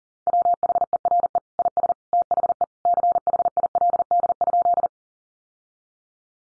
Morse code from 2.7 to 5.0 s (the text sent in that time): CHILD?